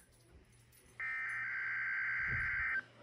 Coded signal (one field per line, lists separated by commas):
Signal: Emergency Alert System (SAME) tones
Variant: header bursts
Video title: Required weekly test 3/13/24 EAS #19